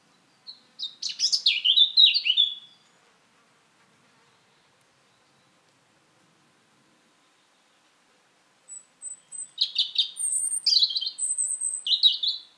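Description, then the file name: European robin song in two separate phrases of rapid, liquid twitters and thin high whistles, divided by several seconds of silence. "Erithacus rubecula"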